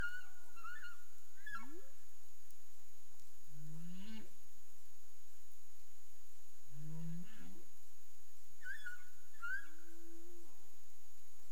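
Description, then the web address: Humpback whale vocal units: short high whistles and upsweeps, two low rising moans with harmonics, and a steady mid-pitched tone, alternating over several seconds. Caribbean, recorded 30 April 2035 at 03:35 UTC. "CARIMAM. humpback whale"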